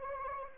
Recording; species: mosquito wingbeat signal from an infrared sensor; Anopheles arabiensis